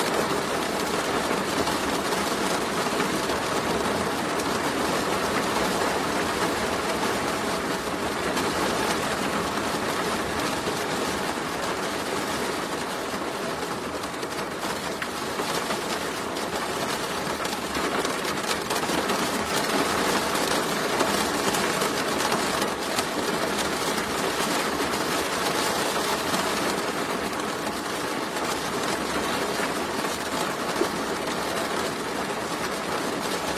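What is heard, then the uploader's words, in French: Rain drums steadily on a roof window, a dense, even hiss and patter that stays constant throughout with no pauses or breaks. Pluie sur une fenêtre de toit.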